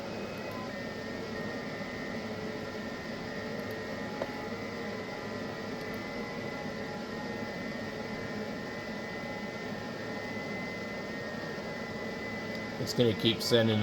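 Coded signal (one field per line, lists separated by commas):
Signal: FT8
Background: speech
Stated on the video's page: FT8 on the 10 m band.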